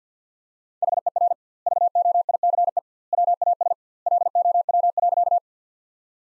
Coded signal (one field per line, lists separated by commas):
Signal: Morse code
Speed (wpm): 50 wpm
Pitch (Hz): 700 Hz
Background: none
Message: HER VOICE WAS LOW.